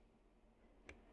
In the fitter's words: turn it backwards a little bit and click, in you go.